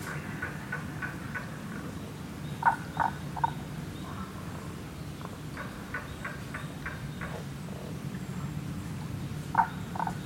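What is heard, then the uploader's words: Rana tagoi tagoi frogs call in short runs of quick, rasping notes, around the first two seconds, near three seconds, between six and seven and a half seconds, and again at the end. A few sharper, louder notes stand out over a steady low rumble. Rana tagoi tagoi in Kasugayama primeval forest by ototamari.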